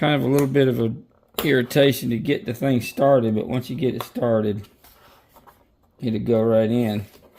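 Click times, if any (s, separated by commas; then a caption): none. A plastic mounting piece for a camera solar panel is being worked into its groove in the solar panel bracket while someone talks. Faint handling noise comes through between the words. The piece has not seated or snapped into place yet.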